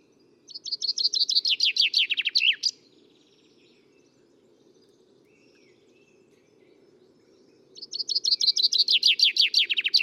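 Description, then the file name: Common chaffinch singing twice, each a quick run of high notes cascading downward, the first closing with a sharp flourish, separated by about five seconds of low background hum. "Fringilla coelebs"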